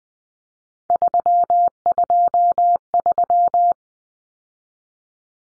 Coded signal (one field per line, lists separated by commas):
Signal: Morse code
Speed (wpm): 20 wpm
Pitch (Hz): 700 Hz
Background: none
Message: 323